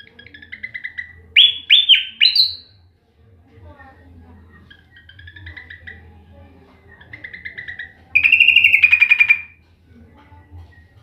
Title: Suara Burung Sikatan Londo Masteran Tembakan Full Speed Rapet